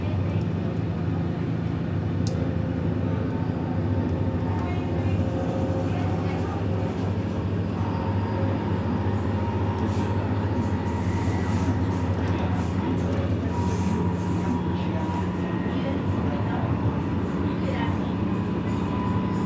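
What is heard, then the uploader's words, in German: Rattling train ride in the evening, a steady low rumble with a dense, continuous clatter from the tracks throughout. Faint brighter squeaks and short metallic ticks come and go, more often after the middle, over the constant hum of the carriage. Abendliche Zugfahrt, ratternde Gleise | Train ride, rattling tracks. Entspanne mit dem beruhigenden Rattern einer abendlichen Zugfahrt, kaum Menschen und viel Stille im Abteil.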